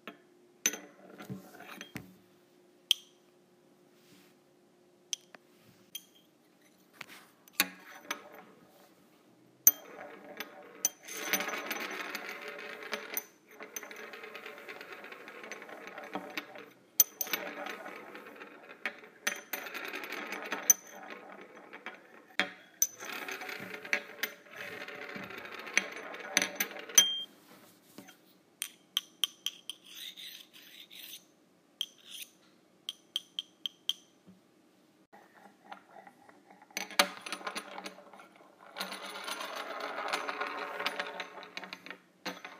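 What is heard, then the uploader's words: Metal straws clink, tap and rattle against each other in bursts of bright, ringing clicks. Dense stretches of jangling run from about 10 to 27 seconds and again near 37 to 42 seconds, separated by quieter, sparser taps and a faint hum early on. ASMR Using Metal Straws.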